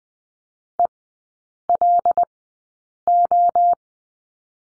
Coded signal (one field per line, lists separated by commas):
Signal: Morse code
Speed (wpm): 20 wpm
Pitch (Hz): 700 Hz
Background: none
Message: ELO